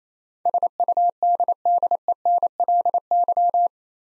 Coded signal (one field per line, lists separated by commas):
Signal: Morse code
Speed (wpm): 28 wpm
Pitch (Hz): 700 Hz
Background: none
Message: SUDDENLY